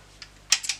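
The release lever on an FX Impact MK2 air rifle is pressed once the pellet magazine is empty, freeing the magazine from the receiver. A faint tick at 0.2 s is followed by a sharp click at 0.5 s and two softer clicks around 0.65 s and 0.7 s. The magazine is released.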